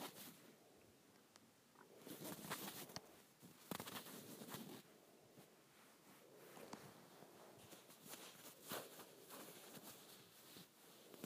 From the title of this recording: Scratching my Shirt